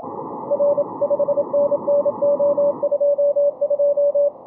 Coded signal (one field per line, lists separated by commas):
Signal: Morse code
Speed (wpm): 27 wpm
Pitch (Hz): 570 Hz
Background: none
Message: R 5NNO22